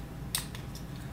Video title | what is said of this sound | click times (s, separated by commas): Adjustable Child Safety Lock Review | this should pop out here | 0.3 s